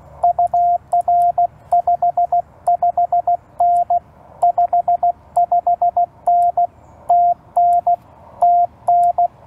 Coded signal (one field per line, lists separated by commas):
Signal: Morse code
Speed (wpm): 18 wpm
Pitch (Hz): 690 Hz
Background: radio noise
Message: UR 55N 55N TN TN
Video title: CW Copy Practice and Surprise meet up with Michael N7CCD